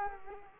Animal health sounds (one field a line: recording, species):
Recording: mosquito wingbeat signal from an infrared sensor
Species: Culex quinquefasciatus